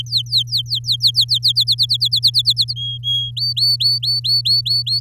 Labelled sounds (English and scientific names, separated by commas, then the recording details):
Domestic Canary (Serinus canaria) song
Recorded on 7 May 2018 at 14:33
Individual llb16